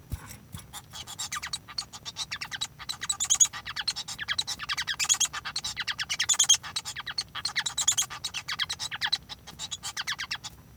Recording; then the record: song of a male Bengalese finch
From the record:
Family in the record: son of father 1